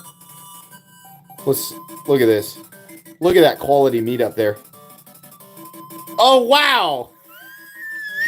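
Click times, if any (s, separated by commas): none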